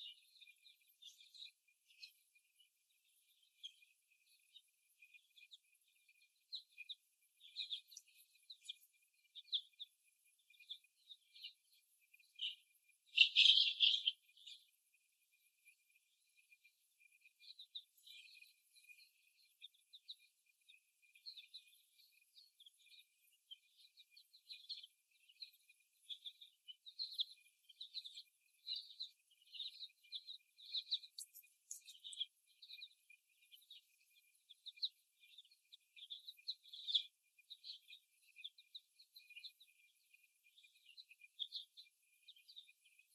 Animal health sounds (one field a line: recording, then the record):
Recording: young laying hens in a cage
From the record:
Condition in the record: after the stressor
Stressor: simulated dog barking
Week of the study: 1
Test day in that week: 1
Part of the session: 2